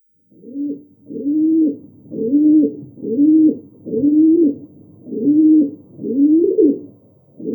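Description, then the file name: Rock dove giving low, arched coos about once per second, seven in a row with another beginning at the end; no other sounds. "Columba livia"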